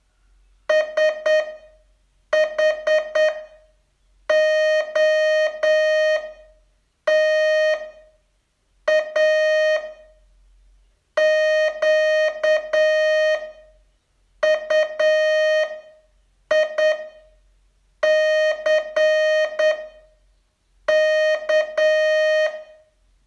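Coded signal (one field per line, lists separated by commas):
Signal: Morse code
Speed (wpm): 9 wpm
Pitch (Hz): 620 Hz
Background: music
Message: SHOTA QUICK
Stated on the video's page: Morse training test, day 33 of a 42-day course.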